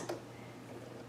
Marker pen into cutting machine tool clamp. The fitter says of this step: while you do it and push till it clicks